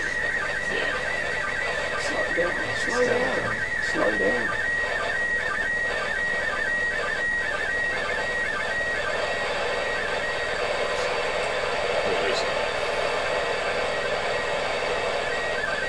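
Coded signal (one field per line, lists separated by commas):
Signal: SSTV (slow-scan television)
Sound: warbling, whining tone with steady rhythmic sync ticks, buried in hiss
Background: radio static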